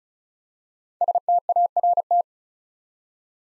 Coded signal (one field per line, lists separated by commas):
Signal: Morse code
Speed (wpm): 36 wpm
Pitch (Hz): 700 Hz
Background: none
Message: START